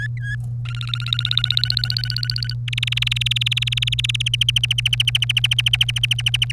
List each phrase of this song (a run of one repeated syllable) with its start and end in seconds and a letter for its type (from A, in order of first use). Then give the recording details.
0.00-0.36 A, 0.65-2.54 B, 2.68-4.36 C, 4.41-6.52 D. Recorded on 30 April 2018 at 15:48. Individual llb3